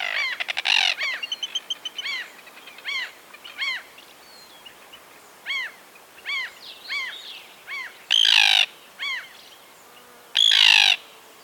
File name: Common tern